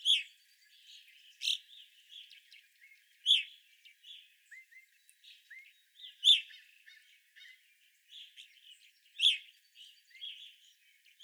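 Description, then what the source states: Evening grosbeak calls, a few loud chirps at irregular intervals, separated by softer chatter and a few brief rising notes. Evening grosbeaks, 25 April 2021.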